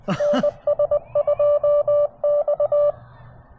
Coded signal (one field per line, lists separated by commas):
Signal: Morse code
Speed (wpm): 21 wpm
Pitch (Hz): 590 Hz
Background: none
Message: NS2X